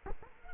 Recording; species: mosquito wingbeat signal from an infrared sensor; Culex quinquefasciatus